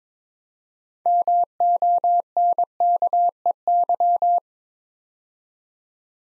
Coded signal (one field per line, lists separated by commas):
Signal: Morse code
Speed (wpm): 22 wpm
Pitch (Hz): 700 Hz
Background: none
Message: MONKEY